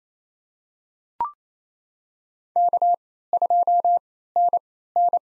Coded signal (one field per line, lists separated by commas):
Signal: Morse code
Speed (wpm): 29 wpm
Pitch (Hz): 700 Hz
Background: none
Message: K2NN